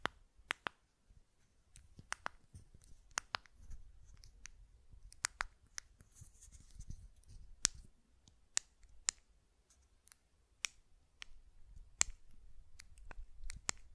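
Sharp button clicks and taps land one at a time, irregularly, about two per second, each crisp and bright with a quick snap. Between them a low, soft rumble of handling and light thuds murmurs on. Occasional faint rustles appear around the middle.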